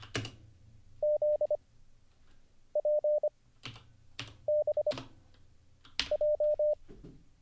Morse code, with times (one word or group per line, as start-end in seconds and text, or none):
1.0-1.6 Z
2.8-3.3 P
4.5-4.9 B
6.1-6.7 J